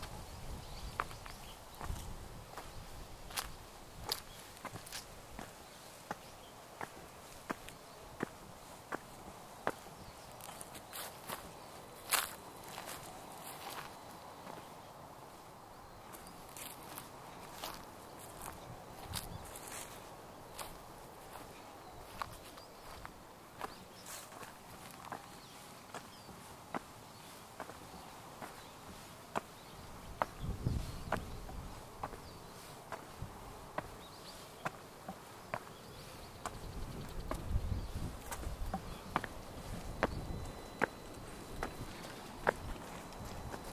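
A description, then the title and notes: Someone walks through grass along a riverbank in the morning, with dense rustling and swishing steps throughout, heaviest toward the end. Faint, thin bird calls come through briefly around the middle, over a soft, steady outdoor hush. 草をかき分けて河川敷散策｜散歩気分｜鳥の声. 草をかき分けて朝の河川敷を歩きます。 たまに鳥の声を聴くために立ち止まります。 In the morning, I push through the grass and walk along the river. Sometimes I stop to listen to the birds.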